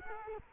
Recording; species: mosquito wingbeat signal from an infrared sensor; Culex quinquefasciatus